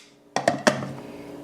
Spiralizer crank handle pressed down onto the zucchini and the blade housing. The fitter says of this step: down and then we make sure we hear that click and that's how we know that it's ready and